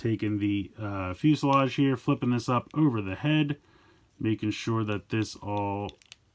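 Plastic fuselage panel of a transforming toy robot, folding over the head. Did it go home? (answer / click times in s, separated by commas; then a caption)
no / none. Someone talks while handling the plastic fuselage panel of a transforming toy robot, flipping it up over the head during transformation. Two faint, brief ticks come at the very end, around 6.1 s and 6.4 s. The panel has not clicked into place yet.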